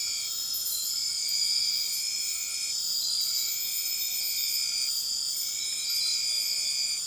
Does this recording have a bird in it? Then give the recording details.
no. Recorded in dense forest near Puerto Asís, Putumayo, Colombia, on 18 February 2024 at 01:00. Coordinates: 0.502, -76.326. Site G6460